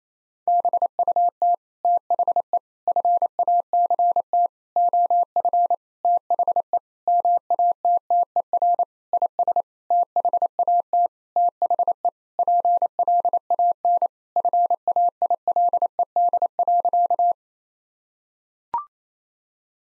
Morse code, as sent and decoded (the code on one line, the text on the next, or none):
-... ..- - / - .... . / ..-. .- -.-. - / --- ..-. / - .... . / -- .- - - . .-. / .. ... / - .... .- - / - .... . / .--. .-.. .- -. / ..-. .- .. .-.. . -.. .-.-.-
BUT THE FACT OF THE MATTER IS THAT THE PLAN FAILED.